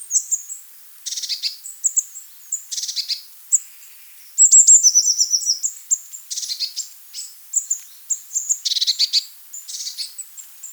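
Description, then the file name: Eurasian blue tit calls: high thin notes and buzzy churring trills, with a run of high notes leading into a trill midway. "blaumeise"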